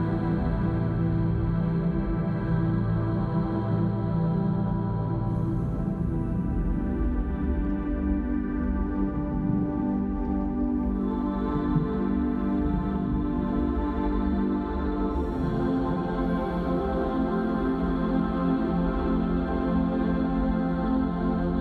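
A calm bed of tranquil water ambience with long, layered drawn-out tones that hold steady under a constant low hum. Higher, airier tones fade in around five seconds and again near fifteen, while the overall level stays even throughout.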